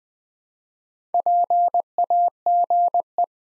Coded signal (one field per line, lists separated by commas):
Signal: Morse code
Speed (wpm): 20 wpm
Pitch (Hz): 700 Hz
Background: none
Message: PAGE